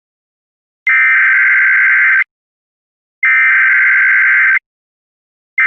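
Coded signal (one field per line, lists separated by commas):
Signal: Emergency Alert System (SAME) tones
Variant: header bursts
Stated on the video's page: Fictional EAS scenario.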